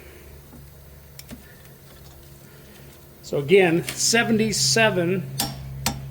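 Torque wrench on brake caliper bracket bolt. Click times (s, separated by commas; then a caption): 5.9 s. A torque wrench set to 77 tightens the back-side steel bolt of a Fiat front brake caliper bracket into the steering knuckle while someone talks. The wrench gives one sharp click at 5.9 s, confirming the bolt has reached its torque setting.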